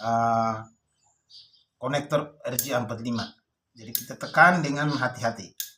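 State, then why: Not seated. An RJ45 plug on a network cable is being handled at a crimping tool, ready to be pressed carefully. Someone talks throughout, with pauses between phrases. Nothing has seated or clicked yet.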